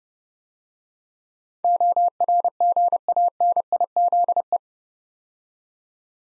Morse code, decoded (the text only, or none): ORGANIZE